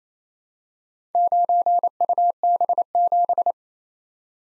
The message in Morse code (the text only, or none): 9UB7